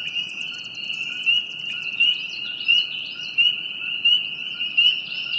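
Frog chorus, a steady high-pitched ringing trill with repeated swells in loudness, and faint chirps.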